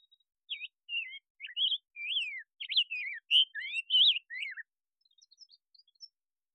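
Rose-breasted grosbeak song, a quick run of sweet, rolling whistled phrases rising and falling, followed by faint high thin notes toward the end.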